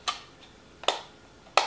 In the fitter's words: and then you put these compartments back in and then just snap in place